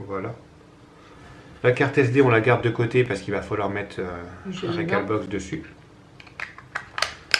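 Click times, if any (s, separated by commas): 6.8 s, 7.0 s, 7.3 s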